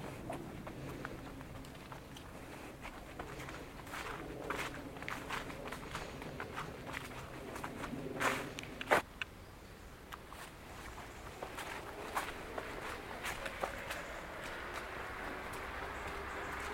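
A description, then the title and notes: A slow amble along an outdoor path at Woodwell in Silverdale, with soft, irregular footsteps crunching and pattering throughout. A steady low murmur sits underneath, and around eight to nine seconds a couple of sharper, louder knocks stand out before the walking continues. Amble through Woodwell in Silverdale. Recorded using binaural headphones.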